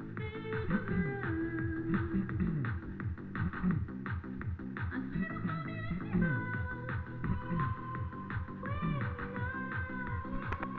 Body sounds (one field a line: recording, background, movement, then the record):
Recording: throat clearing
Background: music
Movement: sitting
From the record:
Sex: male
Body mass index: 20.5 kg/m2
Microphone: on the chest, facing the body